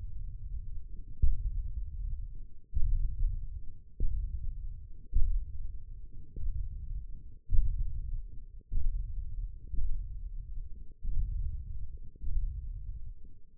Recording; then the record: forearm muscle sounds (acoustic myography)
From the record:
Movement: hand opening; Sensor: system 1, eight BSWA MPA416 microphones around the upper forearm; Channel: 2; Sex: male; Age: 20 years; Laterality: left